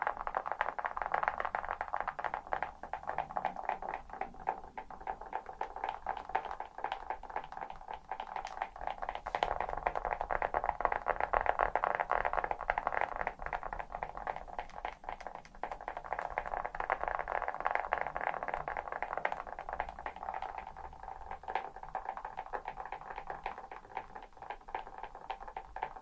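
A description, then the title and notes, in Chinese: Fingernails tap continuously for the whole clip in quick, dense, irregular clicks that run together into a brittle rattle. The tone sits in a mid to bright range. Loudness wavers a little, swelling slightly around the middle and easing near the end. 指甲敲击。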